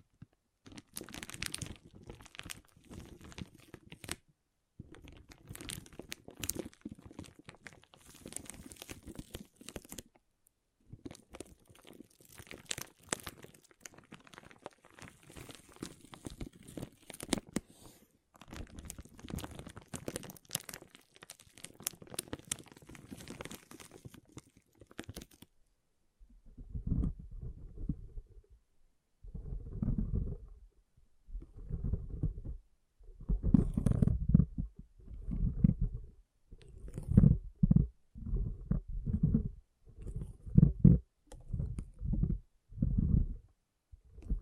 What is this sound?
Soothing & Deep Water Beads Sounds